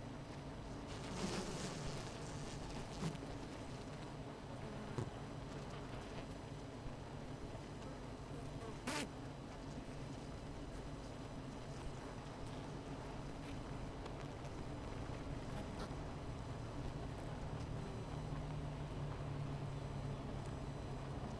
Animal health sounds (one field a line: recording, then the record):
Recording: honeybee colony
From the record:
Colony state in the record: missing queen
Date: 14 July 2017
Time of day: 17:02